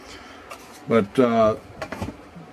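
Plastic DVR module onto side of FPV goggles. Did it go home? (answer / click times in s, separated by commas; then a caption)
yes / 1.8 s, 1.9 s. A small plastic Eachine ProDVR module is pressed onto the side of a pair of FPV goggles while someone talks. Sharp plastic snaps are heard at 1.8 s and 1.9 s as the module seats firmly in place.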